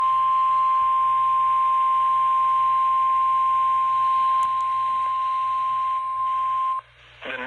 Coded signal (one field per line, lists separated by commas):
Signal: Emergency Alert System (SAME) tones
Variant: 1050 Hz attention tone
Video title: Severe Thunderstorm Warning interrupts a conversation || EAS 156